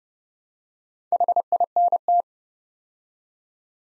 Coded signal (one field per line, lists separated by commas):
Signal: Morse code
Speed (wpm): 29 wpm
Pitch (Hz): 700 Hz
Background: none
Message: HINT